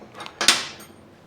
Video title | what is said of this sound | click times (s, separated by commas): Yamaha AT-1 to CT-1 assembly, fenders, cables, carburetor, etc. | 125 or 175 Enduro and it will snap right in there | 0.4 s, 0.5 s